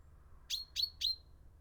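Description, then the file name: Common chaffinch calls: three short, sharp notes, each a quick downward sweep ending in a bright tonal tail, spaced about a quarter second apart over faint low hum. "Fringilla coelebs"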